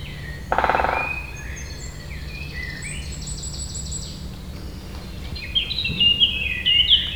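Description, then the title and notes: Great spotted woodpecker gives one loud, fast drum roll early on; varied songbird whistles follow, with sharper bird calls toward the end. Territorial drumming on the stump of a tall dead tree, Saint-Jean, France; second take after moving closer; binaural recording with Soundman OKM II and Zoom H4n. "28 Chemin de Lapeyrière, Saint-Jean, France - Pic épeiche marquage territoire. Un pic épeiche marque son territoire sur la souche d'un long arbre mort"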